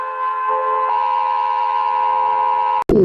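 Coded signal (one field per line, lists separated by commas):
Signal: Emergency Alert System (SAME) tones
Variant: 853 and 960 Hz attention tone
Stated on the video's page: Alert tones used in an animation, not a real broadcast.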